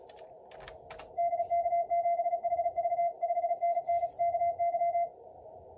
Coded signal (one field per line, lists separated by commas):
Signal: Morse code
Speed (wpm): 37 wpm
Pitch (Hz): 690 Hz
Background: radio noise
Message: DK7HV 5NN KY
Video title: MorseRunner 1.82 release with ARRL DX contest